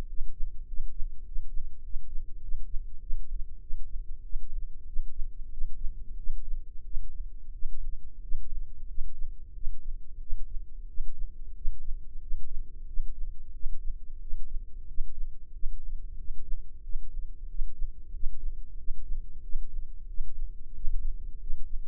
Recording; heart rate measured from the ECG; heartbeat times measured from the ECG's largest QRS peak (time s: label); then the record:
heart sounds by microphone in the right ear; 93 bpm
0.07 s: heartbeat
0.66 s: heartbeat
1.24 s: heartbeat
1.82 s: heartbeat
2.40 s: heartbeat
2.99 s: heartbeat
3.59 s: heartbeat
4.22 s: heartbeat
4.85 s: heartbeat
5.49 s: heartbeat
6.16 s: heartbeat
6.83 s: heartbeat
7.52 s: heartbeat
8.20 s: heartbeat
8.87 s: heartbeat
9.53 s: heartbeat
10.19 s: heartbeat
10.86 s: heartbeat
11.53 s: heartbeat
12.19 s: heartbeat
12.86 s: heartbeat
13.52 s: heartbeat
14.19 s: heartbeat
14.86 s: heartbeat
15.51 s: heartbeat
16.16 s: heartbeat
16.82 s: heartbeat
17.47 s: heartbeat
18.11 s: heartbeat
18.76 s: heartbeat
19.41 s: heartbeat
20.06 s: heartbeat
20.73 s: heartbeat
21.38 s: heartbeat
From the record:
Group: healthy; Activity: rest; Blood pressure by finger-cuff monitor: 103/70 mmHg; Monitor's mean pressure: 80 mmHg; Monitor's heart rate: 92 bpm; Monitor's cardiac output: 7.4 L/min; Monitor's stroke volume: 79 mL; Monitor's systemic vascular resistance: 780 dyn s/cm5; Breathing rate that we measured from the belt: 18 breaths a minute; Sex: male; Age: 19 years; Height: 178 cm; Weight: 83 kg